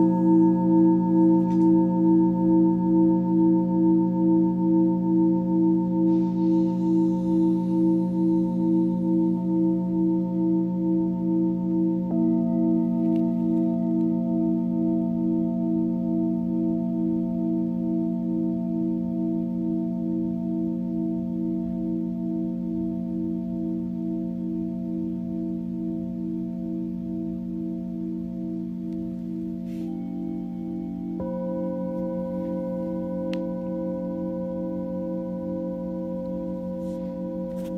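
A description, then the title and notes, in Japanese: A singing bowl rings in a long, steady drone, its low tones layered with a pulsing beat that wavers slowly. The sound stays full, fading gently over the half minute, with a brighter new tone struck in around thirty seconds. メキシコから シンギングボウルのサウンドヒーリング。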